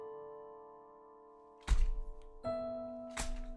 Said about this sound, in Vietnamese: Tiếng chặt thịt cứ thế vang lên tại một trại heo ở xa khu dân cư.